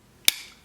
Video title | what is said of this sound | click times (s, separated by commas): Mega Morph Cycles & Copter Review [Power Rangers Ninja Steel] | and you're going to push it back until it clicks in | 0.3 s